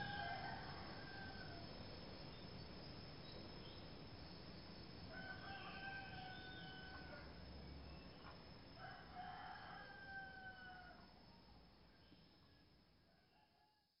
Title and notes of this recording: rural morning sounds. Early morning sounds (chickens, birds, crickets) of the countryside east of Ubud on the island of Bali, Indonesia